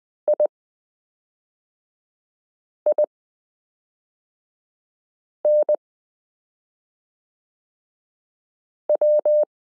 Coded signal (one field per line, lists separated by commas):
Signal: Morse code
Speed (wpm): 20 wpm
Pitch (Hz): 600 Hz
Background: none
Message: IINW